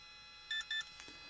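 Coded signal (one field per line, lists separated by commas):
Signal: beep code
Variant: Spektrum ESC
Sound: two short identical electronic beeps in quick succession, then a soft click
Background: faint electrical hum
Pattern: 2 short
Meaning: ESC set to forward, reverse and brake mode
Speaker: Tap it again to go back to two beeps.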